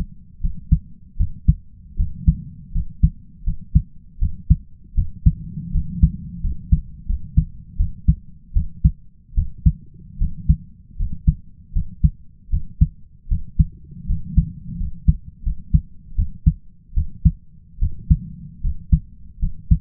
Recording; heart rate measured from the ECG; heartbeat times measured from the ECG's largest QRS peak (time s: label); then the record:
heart sounds by stethoscope; 79 bpm
0.40 s: heartbeat
1.17 s: heartbeat
1.96 s: heartbeat
2.72 s: heartbeat
3.44 s: heartbeat
4.19 s: heartbeat
4.94 s: heartbeat
5.71 s: heartbeat
6.41 s: heartbeat
7.06 s: heartbeat
7.77 s: heartbeat
8.53 s: heartbeat
9.34 s: heartbeat
10.18 s: heartbeat
10.96 s: heartbeat
11.72 s: heartbeat
12.50 s: heartbeat
13.28 s: heartbeat
14.06 s: heartbeat
14.77 s: heartbeat
15.43 s: heartbeat
16.15 s: heartbeat
16.94 s: heartbeat
17.79 s: heartbeat
18.61 s: heartbeat
19.39 s: heartbeat
From the record:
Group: healthy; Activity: rest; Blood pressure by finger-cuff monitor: 111/68 mmHg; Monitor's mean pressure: 77 mmHg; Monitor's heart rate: 79 bpm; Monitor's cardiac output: 5.7 L/min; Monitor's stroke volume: 71 mL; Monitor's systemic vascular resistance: 1020 dyn s/cm5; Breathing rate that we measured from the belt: 15 breaths a minute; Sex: male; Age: 20 years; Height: 167 cm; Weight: 61 kg